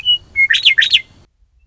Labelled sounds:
Western Meadowlark
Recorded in Sonoma County, California

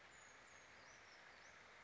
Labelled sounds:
Brown Creeper
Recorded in Sonoma County, California

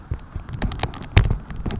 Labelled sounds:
Savannah Sparrow
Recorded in Sonoma County, California

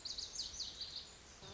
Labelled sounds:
Lazuli Bunting
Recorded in Sonoma County, California

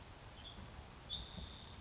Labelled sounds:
Western Tanager
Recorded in Sonoma County, California

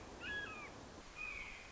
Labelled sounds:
Red-shouldered Hawk
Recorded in Sonoma County, California

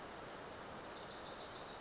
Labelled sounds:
Wilson's Warbler
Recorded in Sonoma County, California

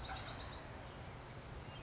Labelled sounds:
Bewick's Wren
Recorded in Sonoma County, California

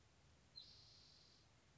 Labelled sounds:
Spotted Towhee
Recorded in Sonoma County, California

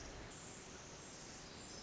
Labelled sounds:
Pacific Wren
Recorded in Sonoma County, California

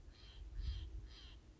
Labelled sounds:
Steller's Jay
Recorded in Sonoma County, California

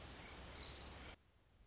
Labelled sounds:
Orange-crowned Warbler
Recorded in Sonoma County, California

